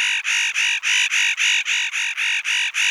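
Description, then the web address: Spotted nutcracker call: a harsh grating note repeated steadily in a rapid continuous series, with no other sounds. "Nucifraga caryocatactes"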